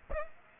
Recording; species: mosquito wingbeat signal from an infrared sensor; Aedes aegypti